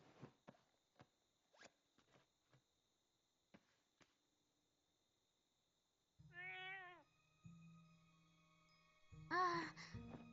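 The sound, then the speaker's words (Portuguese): A cat lets out a drawn-out, wavering meow after a run of soft clicks and rustles, then gives a second, louder and brighter meow at the end. “Oi, gatinho. Ainda tá com raiva de mim?”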